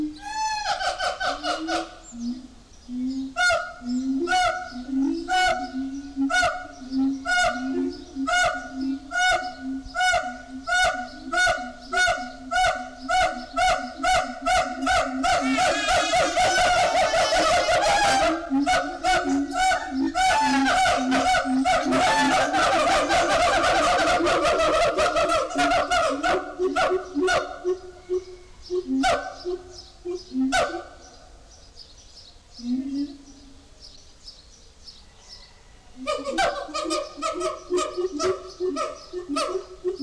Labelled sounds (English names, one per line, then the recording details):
Siamang
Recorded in captivity
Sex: diverse
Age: diverse
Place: Zoo Berlin, Berlin, DE
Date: 1998-06-20
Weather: wolkig - heiter, 18° C
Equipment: Sony MD-WM MZ-R3, Sennheiser ME 80, Kopie Uher 4000 Report Monitor
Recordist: Tembrock, Günter